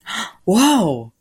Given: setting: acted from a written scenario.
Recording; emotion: vocal sound without words; positive surprise